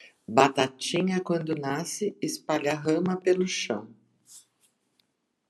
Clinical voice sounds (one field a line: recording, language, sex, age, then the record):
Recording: short text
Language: Brazilian Portuguese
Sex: female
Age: 60 to 69 years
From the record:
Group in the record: control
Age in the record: 67 years